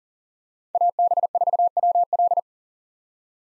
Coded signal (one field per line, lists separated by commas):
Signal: Morse code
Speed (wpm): 40 wpm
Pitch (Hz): 700 Hz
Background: none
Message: AB4WL